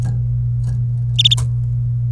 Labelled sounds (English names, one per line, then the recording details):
Domestic Canary song
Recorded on 26 April 2018 at 14:43
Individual llb3